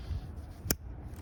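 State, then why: Seated. The second plastic MAF sensor wiring connector is pushed onto the mass air flow sensor on the other intake of a C63 AMG during a ROW airbox install. A loud, short click sounds at 0.7 s over low background noise, and the connector is seated.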